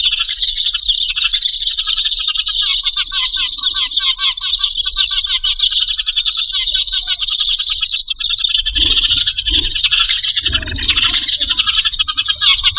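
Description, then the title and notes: Bird chatter of constant shrill twittering, thick and buzzy, with a few low thumps in the last few seconds. Compilation of lure calls used to attract wary, hard-to-approach birds. "Suara Burung Bandel Yang Susah Mendekati. Kompilasi Suara Pikat Burung"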